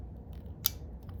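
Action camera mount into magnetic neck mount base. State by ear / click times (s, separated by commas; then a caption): seated / 0.7 s. An action camera's plastic mount sitting magnetically on the base of a Llano neck mount is twisted until it locks. A single sharp, bright snap rings out at 0.7 s, with only faint ticks around 0.3 s and 1.1 s. The mount is locked into place.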